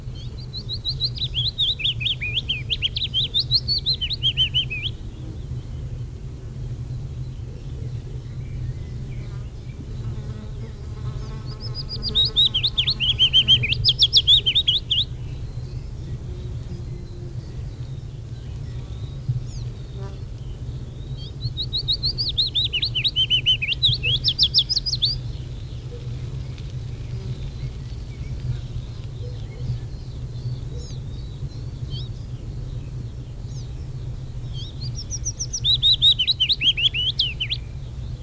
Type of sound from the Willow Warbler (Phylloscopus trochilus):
song